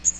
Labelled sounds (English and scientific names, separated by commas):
Magnolia Warbler (Setophaga magnolia) flight call